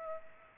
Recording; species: mosquito wingbeat signal from an infrared sensor; Culex pipiens